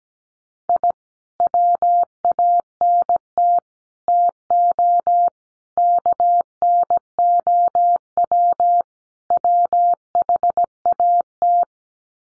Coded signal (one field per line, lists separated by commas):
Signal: Morse code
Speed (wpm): 17 wpm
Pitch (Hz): 700 Hz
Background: none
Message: I WANT TO KNOW WHAT